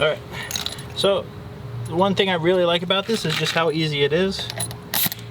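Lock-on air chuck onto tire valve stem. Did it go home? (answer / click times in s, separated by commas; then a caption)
yes / 5.1 s. Someone talks while a lock-on air chuck from a Jeep Wrangler tire inflator is pressed onto a tire valve stem. A sharp click is heard at 5.1 s as the chuck locks in place with no air leaking, and the pressure reads 31.5.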